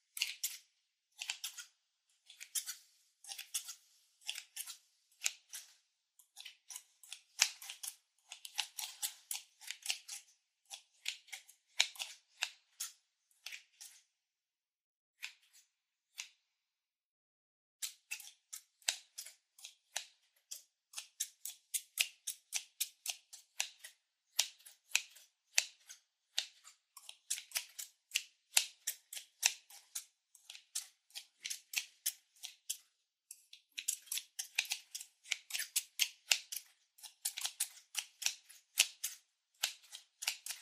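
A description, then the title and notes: Scissors snip over and over in quick, crisp cuts, sharp bright clicks with almost no low end. The snipping runs in dense bursts, pausing briefly around the middle, then resumes just as busily. Just white noise This episode of the White Noise Podcast is SCISSORS.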